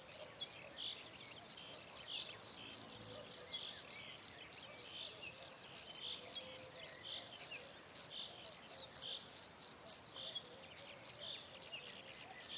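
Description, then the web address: Cricket song: a run of high, ringing chirps roughly four per second, broken by a few brief gaps, with faint background noise. "Kurs PTTK Przyroda Ptaki Świerszcze"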